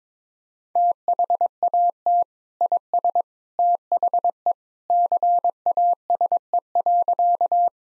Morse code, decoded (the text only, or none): THAT IS THE CASE.